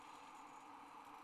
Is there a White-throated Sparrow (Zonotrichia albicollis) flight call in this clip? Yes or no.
no